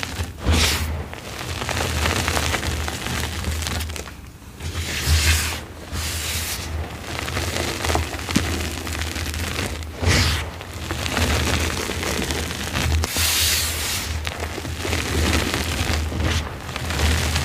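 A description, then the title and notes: Crisp crunching of gym chalk being crushed, dense crackly textures broken by bright powdery bursts and a steady low thump underneath. Satisfying pasted gym chalk crush + crispy, powdery gym chalk reforms, dyed chalk, fresh blocks.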